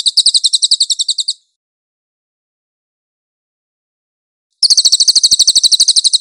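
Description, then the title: Cililin gives high, quick, rattling trills separated by a pause of roughly three seconds; no other sounds. Master (tutor) song of the cililin, clear audio. "MASTER SANGAT BAGUS SUARA BURUNG CILILIN, AUDIO JERNIH"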